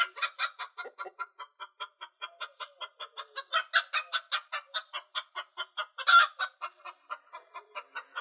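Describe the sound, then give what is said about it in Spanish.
Hens cluck in a steady run of short, rhythmic pulses, with one louder squawk standing out partway through. No voices are heard. “¿qué le parece a las gallinas?”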